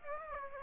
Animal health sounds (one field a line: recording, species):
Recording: mosquito wingbeat signal from an infrared sensor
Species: Aedes aegypti